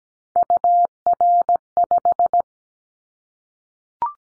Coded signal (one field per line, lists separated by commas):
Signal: Morse code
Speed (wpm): 17 wpm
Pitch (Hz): 700 Hz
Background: none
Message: UR5